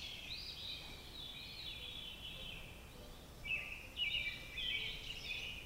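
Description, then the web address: Robin song: short warbled, whistled phrases, a brief pause and then a brighter burst of notes, over a steady soft hiss. "Sounds of Nature Robins"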